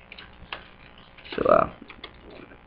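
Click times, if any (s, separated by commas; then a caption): 2.0 s. A plastic part is lined up and slid onto the chassis of a reassembled PlayStation 3 game console while someone talks. Light ticks and taps lead to a sharp snap at 2.0 s as it clips on, and the part is seated properly.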